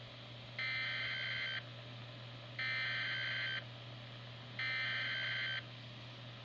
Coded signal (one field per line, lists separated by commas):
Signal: Emergency Alert System (SAME) tones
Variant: header bursts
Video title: Radio Reviews: Reecom R-1650 A